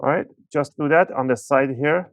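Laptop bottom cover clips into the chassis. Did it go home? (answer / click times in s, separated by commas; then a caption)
no / none. Someone talks while the cleaned bottom cover of an Acer Swift 5 SF514-52 laptop is handled along its side, ready to be pressed down so its plastic clips snap into the chassis. Nothing has seated or clicked yet.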